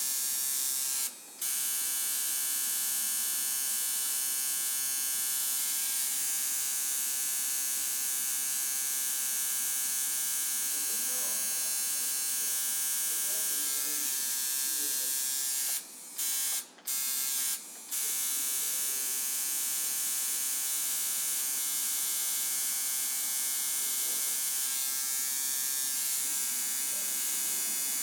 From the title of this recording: A Day at the Tattoo Parlor